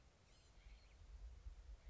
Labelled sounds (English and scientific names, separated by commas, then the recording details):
Blue-gray Gnatcatcher (Polioptila caerulea)
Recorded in Sonoma County, California